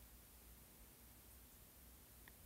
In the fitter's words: they have a nice little click to them once they go in